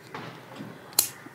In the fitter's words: can see I hear the click and now it's Nick fine I won't fall off so